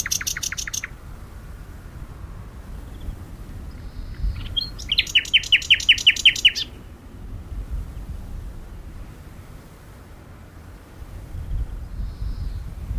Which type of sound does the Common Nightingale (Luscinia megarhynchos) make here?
song